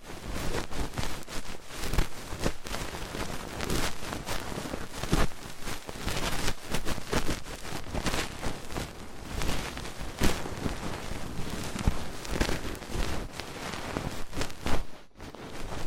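Ear cleaning sounds fill the whole stretch with dense, crackly scratching and rubbing, full from low rumble to bright hiss. Quick sharp clicks and pops land irregularly throughout, with little change in level, until a short near-silent gap just before the end.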